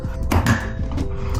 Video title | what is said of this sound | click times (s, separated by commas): We Completely Transformed Our Closet with the IKEA PAX System (Before & After) | it clicks in the place. Now it shouldn't go anywhere. | 0.3 s